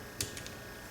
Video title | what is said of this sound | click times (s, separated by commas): S&W M&P Sheild Trigger Return Spring Issue | You hear a click, | 0.2 s